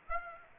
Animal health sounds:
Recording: mosquito wingbeat signal from an infrared sensor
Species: Aedes aegypti

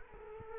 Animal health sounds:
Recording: mosquito wingbeat signal from an infrared sensor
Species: Culex quinquefasciatus

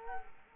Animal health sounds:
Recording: mosquito wingbeat signal from an infrared sensor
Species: Culex quinquefasciatus

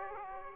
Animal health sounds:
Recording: mosquito wingbeat signal from an infrared sensor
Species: Aedes aegypti

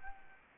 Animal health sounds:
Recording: mosquito wingbeat signal from an infrared sensor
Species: Anopheles arabiensis

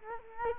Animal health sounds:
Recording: mosquito wingbeat signal from an infrared sensor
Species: Culex quinquefasciatus

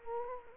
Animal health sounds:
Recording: mosquito wingbeat signal from an infrared sensor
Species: Culex quinquefasciatus

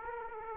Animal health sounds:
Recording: mosquito wingbeat signal from an infrared sensor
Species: Aedes aegypti

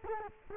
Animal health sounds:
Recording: mosquito wingbeat signal from an infrared sensor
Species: Culex quinquefasciatus

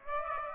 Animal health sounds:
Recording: mosquito wingbeat signal from an infrared sensor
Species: Aedes aegypti

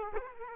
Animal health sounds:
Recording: mosquito wingbeat signal from an infrared sensor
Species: Aedes aegypti

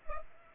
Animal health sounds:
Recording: mosquito wingbeat signal from an infrared sensor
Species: Culex pipiens

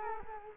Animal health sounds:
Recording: mosquito wingbeat signal from an infrared sensor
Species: Culex quinquefasciatus

